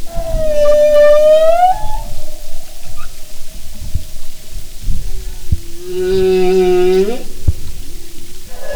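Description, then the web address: Humpback whale song: a high whining wail, then a pause, then a low buzzy harmonic moan rising at the end. "Sound and Marine Mammals humpback"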